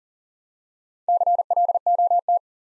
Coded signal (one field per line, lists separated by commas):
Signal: Morse code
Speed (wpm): 37 wpm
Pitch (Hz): 700 Hz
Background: none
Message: CLOT